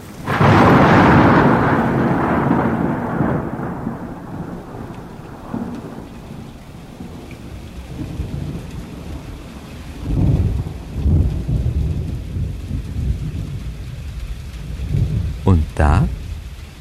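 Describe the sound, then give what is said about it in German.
At the start of the rainy season, a loud crack of thunder opens and rumbles off slowly over steady heavy rain, with more low thunder rolls swelling midway and a couple of sharp bursts near the end. “Im dramaturgisch genau richtigen Moment begann die Regenzeit.”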